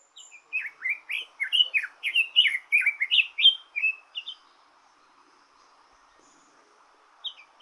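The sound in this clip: Songbird singing a quick run of sweet, varied chirps and short slurred whistles, lasting about four seconds, then quiet before a couple of final notes.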